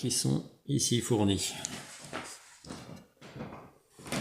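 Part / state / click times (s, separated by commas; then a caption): printed clip joining large terrain platforms / not seated / none. A supplied PLA clip is being fitted to join large printed terrain platforms while someone talks, with faint handling noises underneath. The clip ends just before the part goes home, so nothing has seated or clicked yet.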